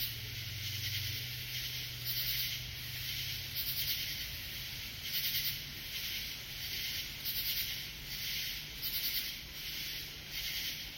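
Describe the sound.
Katydid raspy calls in brief repeated bursts, with a low hum early on and an unbroken high insect drone beneath.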